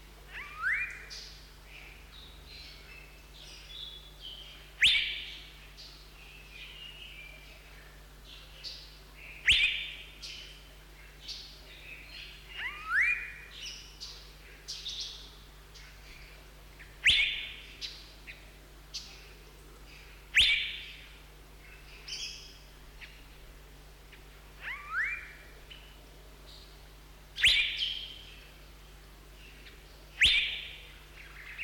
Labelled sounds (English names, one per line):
Asian Fairy-bluebird